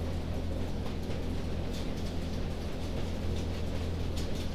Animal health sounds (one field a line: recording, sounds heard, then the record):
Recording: poultry house recording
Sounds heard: no chicken sound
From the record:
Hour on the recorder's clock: 22